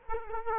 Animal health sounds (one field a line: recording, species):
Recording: mosquito wingbeat signal from an infrared sensor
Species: Culex quinquefasciatus